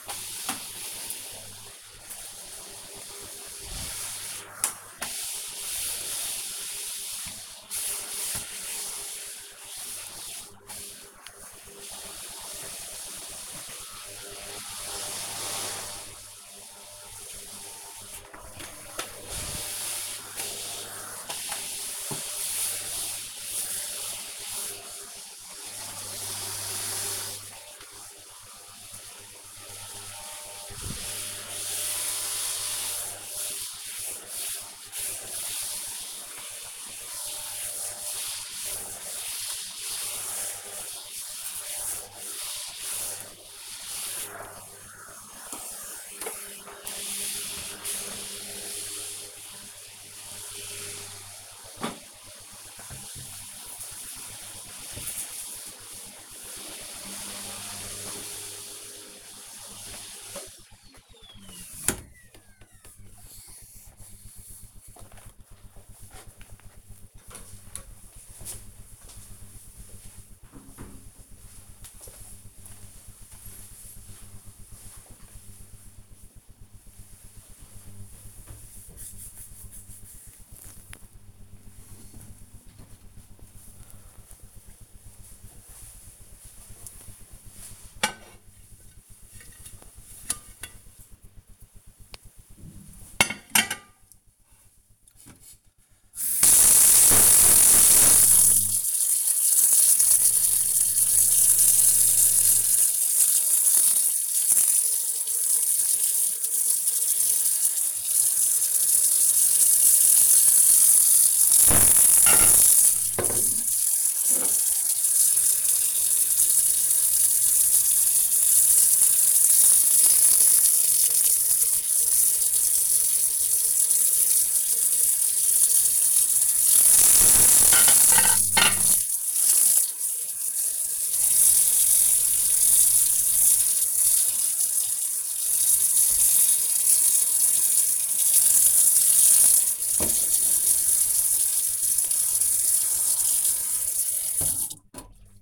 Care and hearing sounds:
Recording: household activities, microphone on the right wrist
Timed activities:
0.00-60.17 s: vacuum cleaning
82.34-144.78 s: washing dishes

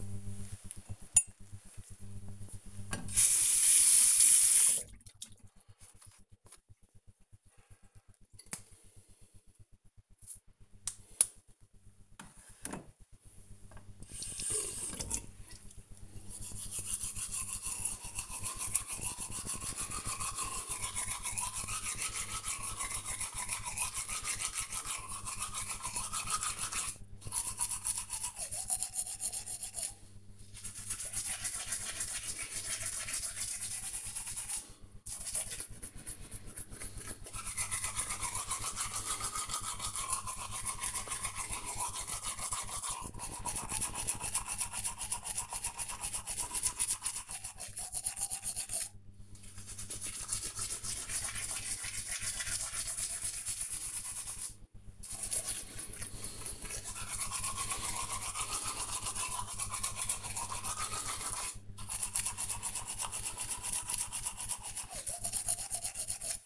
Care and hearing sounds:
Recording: household activities, microphone on the right wrist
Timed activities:
0.00-66.46 s: brushing teeth

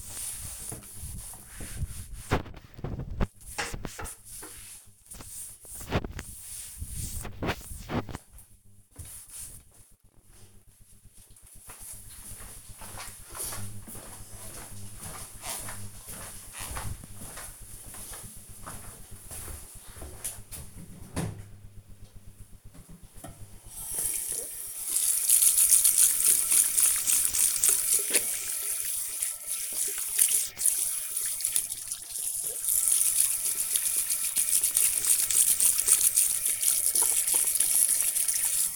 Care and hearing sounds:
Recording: household activities, microphone on the right wrist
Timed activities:
0.00-9.35 s: cleaning table
22.46-38.76 s: washing hands

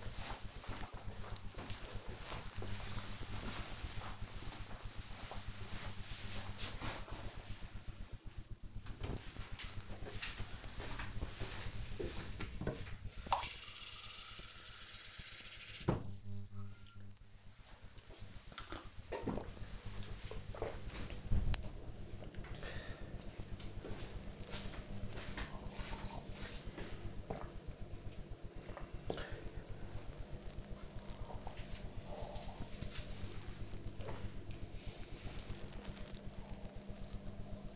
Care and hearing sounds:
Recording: household activities, microphone on the right wrist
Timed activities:
8.17-37.76 s: drinking

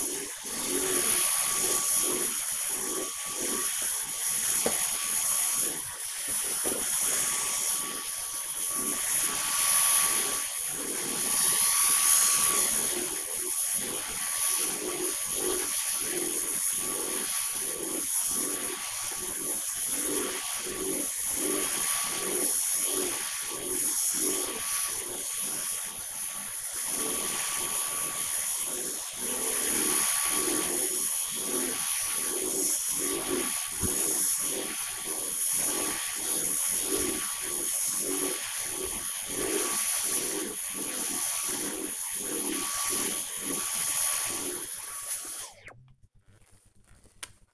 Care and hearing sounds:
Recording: household activities, microphone on the right wrist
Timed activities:
0.00-45.04 s: vacuum cleaning

